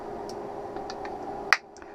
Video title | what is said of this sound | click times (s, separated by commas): John's Oakley Holbrooks with Clear Non Prescription Lenses | again tucking in at the outside corner using the thumbs it snaps right in | 1.5 s